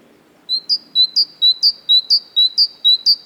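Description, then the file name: Great tit giving a bright, ringing two-note phrase, repeated six times in quick, even succession after a brief quiet start. "Parus major"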